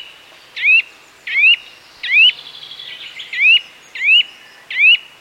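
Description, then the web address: Eurasian nuthatch repeats six bright rising notes while a brief faint rapid trill runs between them. "Sound Effects-BBC. nuthatch calls with chiffchaff blackbird wren blue tit and chaffinch in distance"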